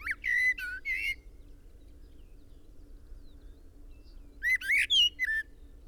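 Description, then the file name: Common blackbird gives warbled whistled phrases with squeaky high notes, one at the start and another after a pause of about three seconds, low hum beneath. "Turdus merula"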